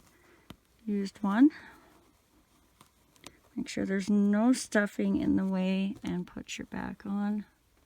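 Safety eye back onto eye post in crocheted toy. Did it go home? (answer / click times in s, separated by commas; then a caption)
no / none. A plastic washer back is being fitted to the post of a plastic safety eye in a crocheted pumpkin toy. Someone talks while a few faint, sharp handling ticks occur between the phrases. The back has not seated or clicked on yet.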